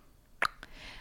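An adult imitates the tongue click heard during an infant's suckling at the breast or bottle, a sign of restrictive oral frenula (tongue-tie): sharp clicks inside a closed mouth, made as the rising and falling tongue loses its pressure because the movement is too hard. The sound is not swallowing.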